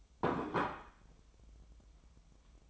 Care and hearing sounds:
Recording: daily activity, microphone in the room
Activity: place plate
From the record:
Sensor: 1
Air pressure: 988.6 hPa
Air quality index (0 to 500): 197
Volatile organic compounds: 942 ppm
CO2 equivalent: 5238 ppm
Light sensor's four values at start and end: 25/93/35/37 and 25/93/35/37

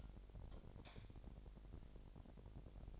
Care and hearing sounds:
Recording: daily activity, microphone in the room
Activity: light off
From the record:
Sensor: 5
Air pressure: 1012.0 hPa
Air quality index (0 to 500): 249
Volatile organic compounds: 4 ppm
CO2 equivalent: 1689 ppm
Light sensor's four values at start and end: 41/98/41/44 and 40/93/39/42

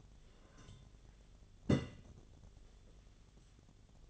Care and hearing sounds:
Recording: daily activity, microphone in the room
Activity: take from stove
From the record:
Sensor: 4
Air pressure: 1010.8 hPa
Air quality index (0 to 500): 166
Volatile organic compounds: 4 ppm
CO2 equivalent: 1686 ppm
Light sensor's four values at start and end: 40/113/45/46 and 40/113/45/46

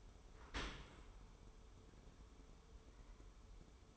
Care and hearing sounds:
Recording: daily activity, microphone in the room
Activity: open dishwasher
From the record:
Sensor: 1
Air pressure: 1015.0 hPa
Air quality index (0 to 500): 26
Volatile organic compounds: 1 ppm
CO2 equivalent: 506 ppm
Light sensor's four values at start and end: 13/30/12/14 and 13/30/12/13

